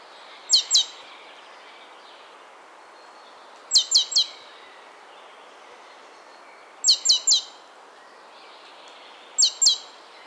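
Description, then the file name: Great tit giving short, sharp, high metallic calls in clusters of two or three, repeated about every three seconds over a steady background hiss. "Parus major"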